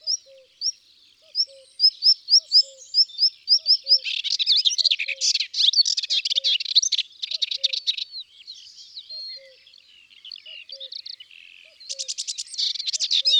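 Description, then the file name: Melodious warbler song: short slurred notes repeated in a quick series, then a long, dense, chattering warble with buzzy bursts near the end; faint low paired notes recur throughout. Recorded in the countryside. "Hypolais polyglotte Chants doiseaux dans la campagne"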